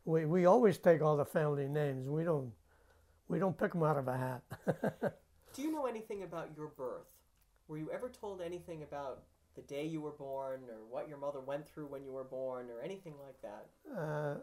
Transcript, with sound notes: We always take on the family names. We don't, we don't pick them out of a hat. ( he laughs )
Do you know anything about your birth? Were you ever told anything about the day you were born, or what your mother went through when you were born, or anything like that?